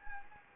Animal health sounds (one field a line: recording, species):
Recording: mosquito wingbeat signal from an infrared sensor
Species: Anopheles gambiae